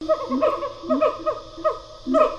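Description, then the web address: Siamang calls: a few short, sliding hooting barks with bright overtones, overlapping and uneven in spacing. Siamang pair call, a gibbon duet; stereo recording. "Sound Effects-Foundation. Animal Gibbon Siamang pair call"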